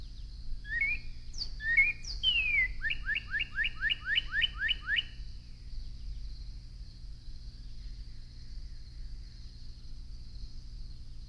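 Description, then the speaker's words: Northern cardinal song: a few slurred whistles, one long downward glide, then about nine quick repeated downslurred notes, over a thin steady high hiss. Loud, rhythmical song with a good glissando from a cardinal at close range. "The cardinal's song is loud and rhythmical with a good glissando, as we will hear from a cardinal at close range."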